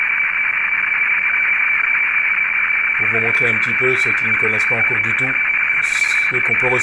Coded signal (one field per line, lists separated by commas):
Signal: weather fax (radiofax)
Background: speech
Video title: Horaires et fréquences FAX HF Mondiale